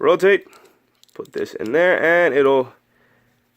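A plastic part of a Transformers Titans Return Deluxe Perceptor toy robot is handled and positioned at its slot on the figure during transformation, while someone talks throughout. Only soft, faint handling noise is heard between the speech, and nothing has seated or clicked into place yet.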